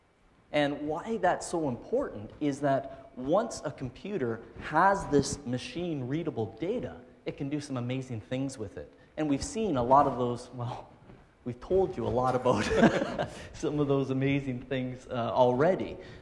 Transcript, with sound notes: And why that’s so important is that once a computer has this machine readable data, it can do some amazing things with it, and we’ve seen a lot of those, well we’ve told you a lot about [laughing] some of those amazing things already.